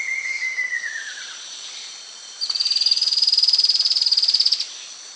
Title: LuckyPassaro Completos2Sama. Streak-capped Antwren (Terenura maculata)